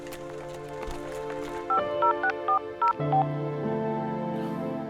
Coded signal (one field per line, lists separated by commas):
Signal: DTMF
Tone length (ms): 100 ms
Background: music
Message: 50640